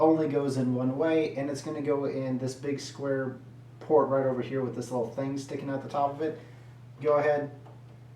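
A network cable plug, most likely an RJ45, is handled near the square keyed port on the back of a desktop computer while a man talks throughout. The plug has not yet been pushed in, and nothing has seated or clicked yet.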